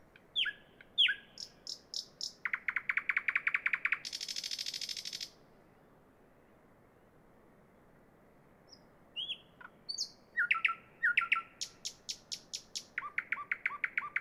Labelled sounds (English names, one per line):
Thrush Nightingale song